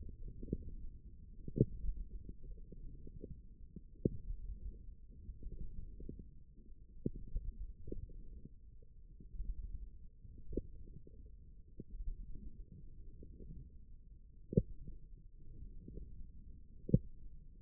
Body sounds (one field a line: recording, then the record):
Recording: forearm muscle sounds (acoustic myography)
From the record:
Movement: wrist flexion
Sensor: system 1, eight BSWA MPA416 microphones around the upper forearm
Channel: 4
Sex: male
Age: 18 years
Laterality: right